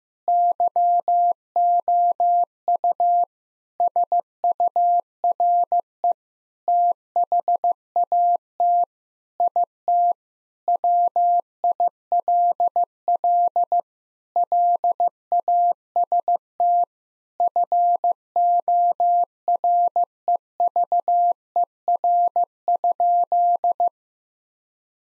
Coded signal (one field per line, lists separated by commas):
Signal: Morse code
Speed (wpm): 16 wpm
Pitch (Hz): 700 Hz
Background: none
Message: YOU SURE THAT IT WILL LAST FOREVER?